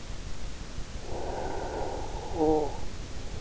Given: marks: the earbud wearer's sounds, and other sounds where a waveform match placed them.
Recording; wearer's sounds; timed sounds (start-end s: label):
sounds in sleep by an in-ear microphone; snoring breath
1.02-3.23 s: snoring breath